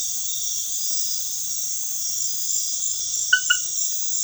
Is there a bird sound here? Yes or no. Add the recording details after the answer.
no. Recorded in dense forest near Puerto Asís, Putumayo, Colombia, on 19 February 2024 at 23:00. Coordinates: 0.505, -76.324. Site G6467